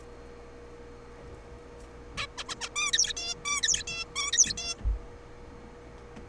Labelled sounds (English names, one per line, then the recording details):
Zebra Finch
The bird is a juvenile
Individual R3428